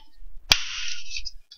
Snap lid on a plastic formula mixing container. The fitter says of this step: Make sure you hear that clump or it's not shut.